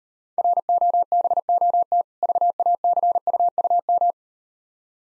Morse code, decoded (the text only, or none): ROBOT VACUUM